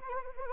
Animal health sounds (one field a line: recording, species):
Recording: mosquito wingbeat signal from an infrared sensor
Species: Anopheles arabiensis